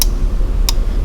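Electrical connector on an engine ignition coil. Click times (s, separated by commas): 0.0 s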